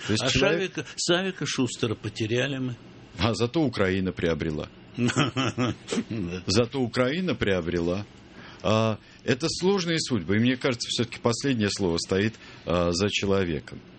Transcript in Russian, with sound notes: А Савика Шустера потеряли мы.
А зато Украина приобрела. (все смеются) Зато Украина приобрела. Это сложные судьбы. И мне кажется, все-таки, последнее слово стоит за человеком.